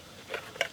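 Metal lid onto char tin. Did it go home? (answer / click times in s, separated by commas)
no / none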